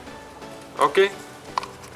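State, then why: Seated. An ignition coil on a Ford Focus Mk3 is pushed down into the spark plug well in the cylinder head until its boot snaps onto the spark plug. Someone talks, and a sharp click at 1.6 seconds shows the coil seated on the plug.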